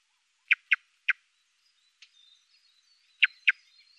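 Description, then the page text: Song thrush song: three sharp, clicking notes in quick succession, a fainter note, a pause, then two more matching notes, with faint thin twittering in between. Bird of Iran. "توکای باغی. باشگاه پرنده نگری ایرانیان"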